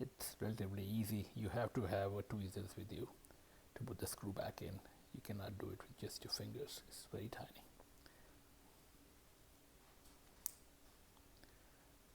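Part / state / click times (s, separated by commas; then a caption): metal watch bracelet link or clasp on a wristwatch / seated / 10.5 s. Someone talks about refitting a tiny bracelet link pin and screw, which needs a tool because it's too small for fingers, then falls quiet. A metal watch bracelet link or clasp on a wristwatch is fitted and gives a single sharp click at 10.5 s as it seats into place.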